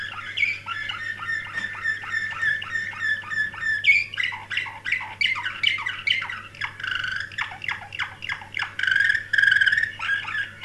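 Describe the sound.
Canary pouring out a dense, rapid song of rattling trills, sharp clicks and whistled notes, changing tour every few seconds, with a low background hum throughout.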